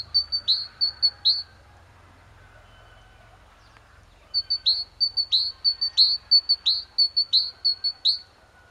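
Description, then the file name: Great tit calls in a fast run of sharp, high notes, short ticks alternating with downward-slurred notes, a pause, then a longer energetic series; faint low rumble beneath. "Parus major"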